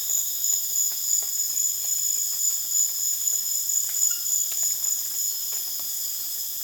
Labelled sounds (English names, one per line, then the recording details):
none
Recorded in dense forest near Puerto Asís, Putumayo, Colombia, on 24 June 2025 at 20:30
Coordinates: 0.484, -76.325
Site H65